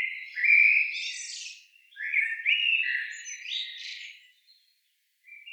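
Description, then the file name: Eurasian blackbird song: rich whistled notes slurring up and down, followed by a strained high squeak at the end of the phrase, then a brief quiet before a soft note begins. "Turdus merula"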